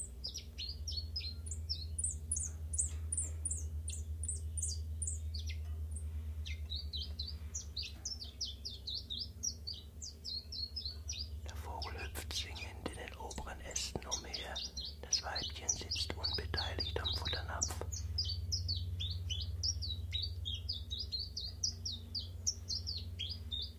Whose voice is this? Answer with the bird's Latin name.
Phylloscopus collybita